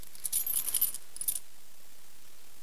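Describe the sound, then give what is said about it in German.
Keys jingle and clink in a hand for about a second, a bright metallic rattle of quick irregular chimes, then a short second shake before the sound stops and silence follows. “Also hier sind bloß, warte mal, sind bloß meine Schlüssel.”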